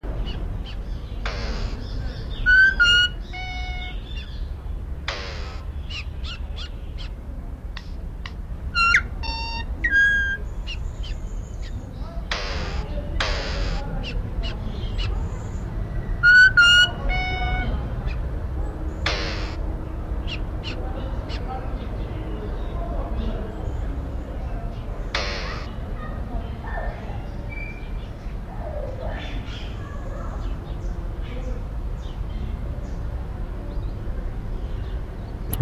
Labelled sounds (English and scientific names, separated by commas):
Golden Myna (Mino anais)